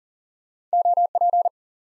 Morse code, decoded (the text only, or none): OP